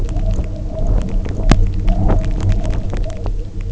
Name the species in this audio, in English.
none